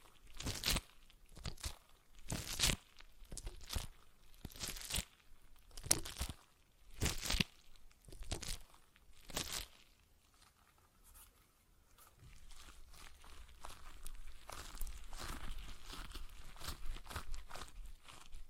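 A stress ball is squeezed in sharp, crackly bursts roughly every second for the first ten seconds, each a bright crinkling crunch. After a brief lull, the sound turns into a denser, continuous rustling and crinkling that persists to the end.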